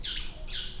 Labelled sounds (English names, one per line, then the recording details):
Stitchbird song
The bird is a male
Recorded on Tiritiri Matangi Island, New Zealand, in 2005
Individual 16, of nest box 24